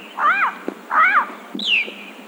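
Bird calls: two arched, mid-pitched notes that rise then fall, followed by a higher note sliding downward.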